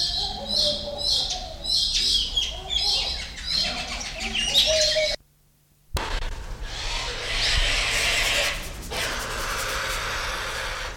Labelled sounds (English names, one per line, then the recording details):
Emerald Starling
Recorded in captivity
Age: adult
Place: Zoo Berlin, Berlin, DE
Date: 1993-01-30
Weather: -6° C, sonnig
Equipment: Marantz CP 430, Sennheiser ME 80, Kopie Uher Variocord 263
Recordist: Tembrock, Günter